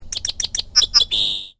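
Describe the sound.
Towhee song: a quick series of short clipped notes followed by a sustained buzzy trill.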